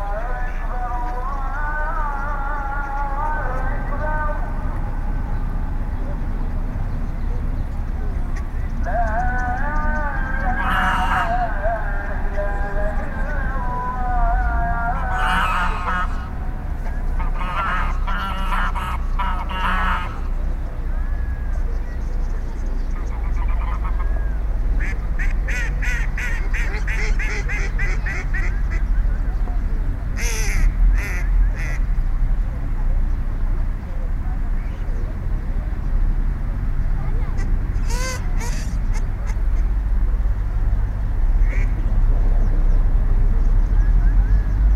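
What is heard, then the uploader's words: A prayer call drifts over a duck pond at Pamukkale, its wavering sung lines clearest in the first ten seconds. Ducks quack in short bursts around 11, 15–20, 25–32 and 38 seconds, over a steady low rumble that runs throughout and swells slightly toward the end. Pamukkale prayer call and ducks. Recorded at Pamukkale near a duck pond.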